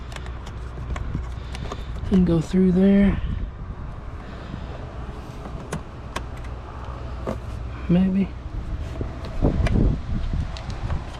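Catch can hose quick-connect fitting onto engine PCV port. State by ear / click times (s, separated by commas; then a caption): not seated / none. While installing a JLT 3.0 oil catch can on a 2019-2021 Silverado 5.3/6.2 pickup engine, the catch can's PCV hose is routed and its plastic quick-connect fitting is handled toward the engine PCV port, with scattered short ticks and handling noises over a steady low hum. Someone talks briefly. Nothing has seated or clicked yet.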